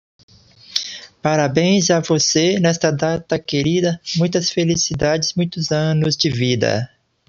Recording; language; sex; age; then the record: short text; Brazilian Portuguese; male; 30 to 39 years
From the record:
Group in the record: control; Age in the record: 37 years